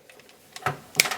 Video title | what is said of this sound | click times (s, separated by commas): How To Assemble A Sunny Health & Fitness Magnetic Rowing Machine | Hear it snap. | 1.0 s